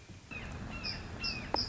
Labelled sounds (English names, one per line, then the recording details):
Red-shouldered Hawk
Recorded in Sonoma County, California